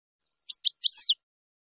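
Finch song: two quick high chirps followed by a longer, sliding whistled note that falls away, over in under a second.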